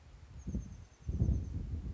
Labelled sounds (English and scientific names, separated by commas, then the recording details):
Oak Titmouse (Baeolophus inornatus)
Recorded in Sonoma County, California